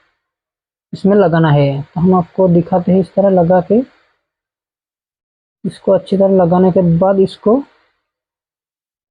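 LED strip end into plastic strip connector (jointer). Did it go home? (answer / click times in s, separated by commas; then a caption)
no / none. An LED strip end is lined up in a plastic strip connector (jointer), with its copper contacts positioned inside and polarity minded, before being pressed to lock. Someone talks in two stretches, from about 0.9 to 4.0 seconds and 5.6 to 7.8 seconds, with silence between. The strip has not yet seated or clicked into the jointer.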